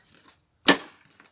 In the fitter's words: Au dat și clic frumos.